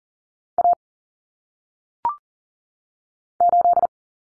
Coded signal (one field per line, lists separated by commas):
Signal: Morse code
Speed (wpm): 40 wpm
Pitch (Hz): 700 Hz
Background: none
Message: A 8